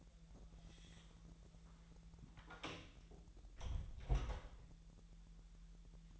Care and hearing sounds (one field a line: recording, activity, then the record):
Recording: daily activity, microphone in the room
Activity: close door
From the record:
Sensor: 3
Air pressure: 1001.4 hPa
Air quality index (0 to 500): 249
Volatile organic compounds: 159 ppm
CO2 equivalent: 4060 ppm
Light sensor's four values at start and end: 13/30/12/12 and 12/30/12/12